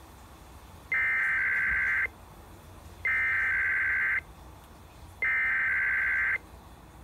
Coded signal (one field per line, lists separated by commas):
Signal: Emergency Alert System (SAME) tones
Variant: header bursts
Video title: KQMS-AM Required Weekly Test (EAS #2632)